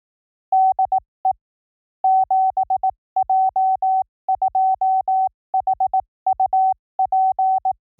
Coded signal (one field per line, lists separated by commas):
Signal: Morse code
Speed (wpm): 18 wpm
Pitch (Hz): 760 Hz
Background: none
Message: DE 7J2HUP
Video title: Morse CW Training JP Random Callsign Speed from 15 to 25 WPM 300 Calls Sampling Rate 44100